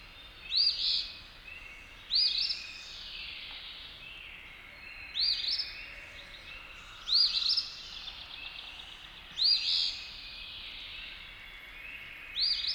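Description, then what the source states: Eastern Phoebe song: short, burry two-part phrases repeated at irregular intervals, several in all. Singing at first light on April 28 from a tree above a car in a parking lot.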